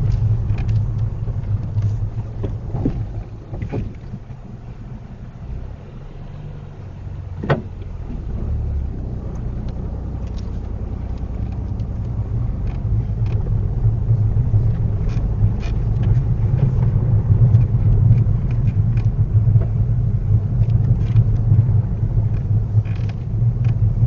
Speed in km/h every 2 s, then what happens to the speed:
8, 0, 0, 0, 0, 6, 13, 16, 16, 15, 13, 13.
1-8 standing. 8-14 pulls away to 16. 14-24 steady at about 15.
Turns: 9-13.